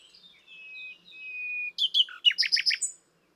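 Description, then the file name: Common nightingale song opening with soft, drawn-out whistles that give way to crisp, loud repeated notes. "Luscinia megarhynchos"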